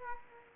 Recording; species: mosquito wingbeat signal from an infrared sensor; Culex quinquefasciatus